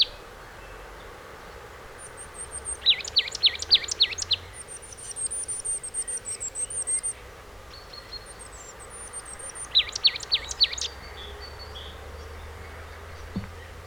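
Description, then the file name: Marsh tit giving two rapid bursts of sharp, high notes seconds apart, with thin, very high twittering in between and a soft background hiss. "Poecile palustris"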